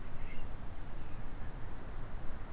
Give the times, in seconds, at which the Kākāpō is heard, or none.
none